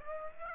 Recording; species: mosquito wingbeat signal from an infrared sensor; Aedes aegypti